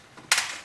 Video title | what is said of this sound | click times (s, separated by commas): How to Replace A Home Humidifier Water Panel Chicago Humidifier Installation | We're going to go ahead and just slide it right down, and the sides just snap | 0.3 s